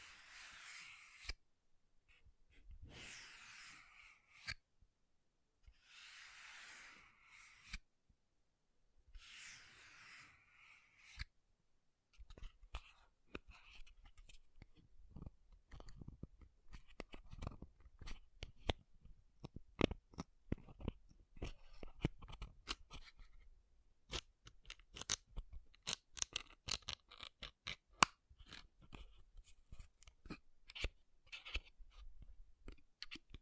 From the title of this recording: MAKEUP TAPPING & SCRATCHING